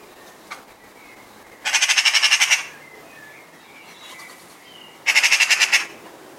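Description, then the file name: Eurasian magpie with two bursts of rapid rasping chatter, each under a second long, separated by a pause. "Pica pica"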